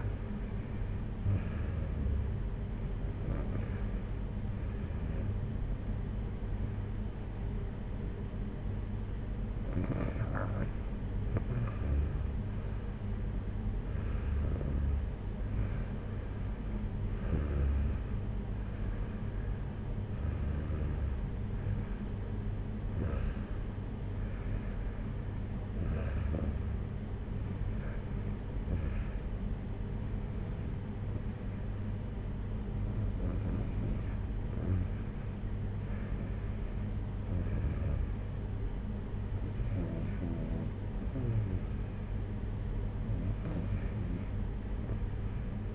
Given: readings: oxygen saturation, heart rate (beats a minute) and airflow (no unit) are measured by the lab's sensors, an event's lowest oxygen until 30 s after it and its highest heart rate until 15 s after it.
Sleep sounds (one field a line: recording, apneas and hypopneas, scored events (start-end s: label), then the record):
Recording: breathing in sleep by a smartphone at the bedside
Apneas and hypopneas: none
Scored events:
none scored
From the record:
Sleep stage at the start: REM sleep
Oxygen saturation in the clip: 91 to 95%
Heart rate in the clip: 56 to 64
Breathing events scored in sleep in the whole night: 226 in 8.8 hours asleep